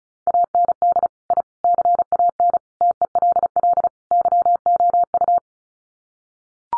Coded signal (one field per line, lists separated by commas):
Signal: Morse code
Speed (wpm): 34 wpm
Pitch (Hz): 700 Hz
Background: none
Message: AND I CAN TELL YOU